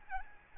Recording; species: mosquito wingbeat signal from an infrared sensor; Aedes albopictus